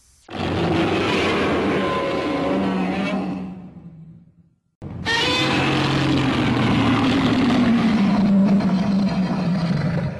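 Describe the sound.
A person imitates Godzilla's roar with two long, loud, gravelly bellows, the first about four seconds, then a brief pause and a longer second roar whose pitch sinks toward the end.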